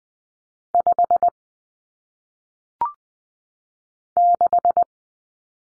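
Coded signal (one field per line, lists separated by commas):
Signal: Morse code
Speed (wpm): 20 wpm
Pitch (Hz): 700 Hz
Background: none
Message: 5 6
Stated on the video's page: Morse practice drill of single-digit numbers at 20 wpm for head-copy, each sent in Morse, spoken, then sent again.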